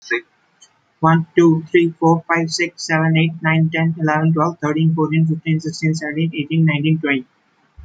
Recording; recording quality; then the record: counting at a fast pace; excellent, no background noise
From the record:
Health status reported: healthy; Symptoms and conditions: none ticked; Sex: male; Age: 24 years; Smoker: not ticked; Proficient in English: yes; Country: India